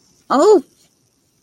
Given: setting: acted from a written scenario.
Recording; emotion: vocal sound without words; pain